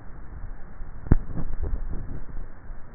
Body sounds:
swallowing sounds by neck microphone; 1
1.42-2.22 s: swallow
From the record:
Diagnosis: dysphagia

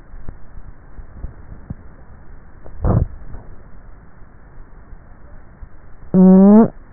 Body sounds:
swallowing sounds by neck microphone; 1
2.73-3.47 s: swallow
From the record:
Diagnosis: dysphagia

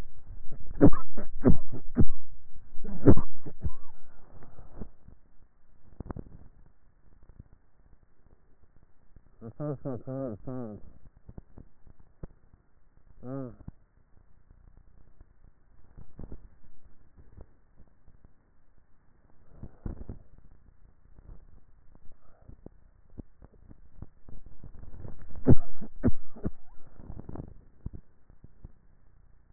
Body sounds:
swallowing sounds by neck microphone; 2
21.22-22.12 s: swallow
23.78-24.42 s: swallow
From the record:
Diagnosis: dysphagia

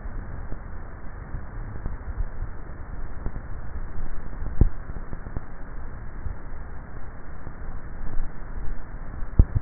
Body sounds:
swallowing sounds by neck microphone; 2
3.98-4.72 s: swallow
8.05-8.72 s: swallow
From the record:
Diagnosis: dysphagia

